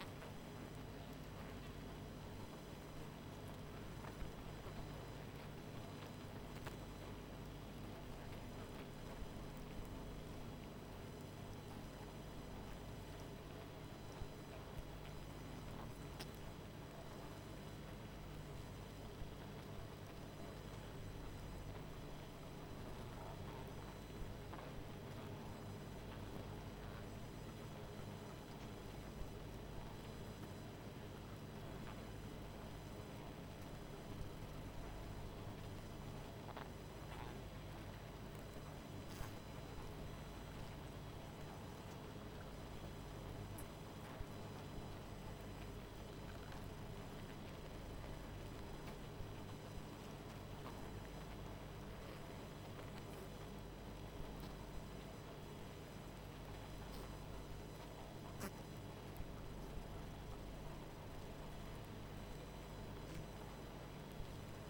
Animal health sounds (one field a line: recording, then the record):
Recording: honeybee colony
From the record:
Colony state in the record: missing queen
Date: 14 July 2017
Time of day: 20:17